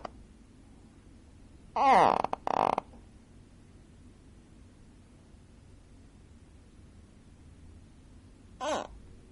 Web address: gharial